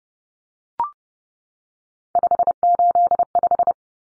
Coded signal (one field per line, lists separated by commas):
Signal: Morse code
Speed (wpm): 29 wpm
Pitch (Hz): 700 Hz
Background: none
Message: 585